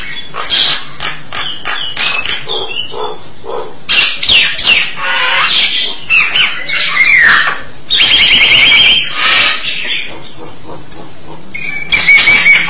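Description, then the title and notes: Starling song mixing short scratchy notes, wheezy phrases and a fast buzzing trill, broken by brief pauses. "suara burung jalak"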